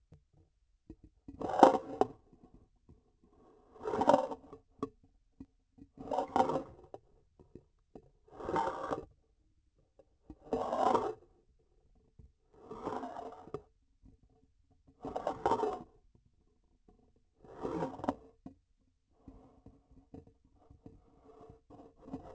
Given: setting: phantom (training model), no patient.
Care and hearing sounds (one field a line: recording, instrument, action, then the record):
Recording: laparoscopic instrument, vibration sensor on the handle end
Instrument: grasping forceps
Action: approaching and retracting movements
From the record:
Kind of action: spatial motion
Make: Olympus